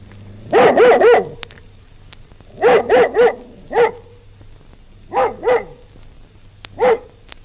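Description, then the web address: Collie barking in short bursts of one to three sharp barks separated by short pauses, with a faint low hum underneath. "Sound Effects-BBC Collie"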